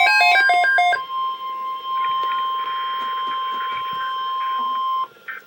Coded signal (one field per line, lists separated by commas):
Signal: Emergency Alert System (SAME) tones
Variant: 1050 Hz attention tone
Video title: Double header REAL EAS 492-493-Tornado watch